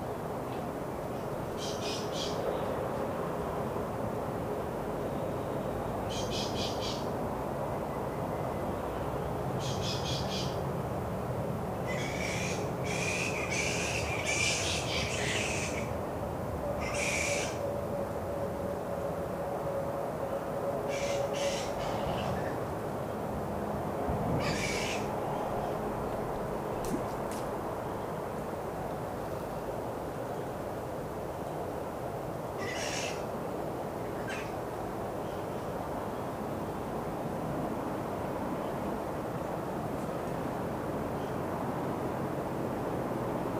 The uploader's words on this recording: Carrington Mangroves | Bat colony just before dusk. Flying foxes, passers by, traffic.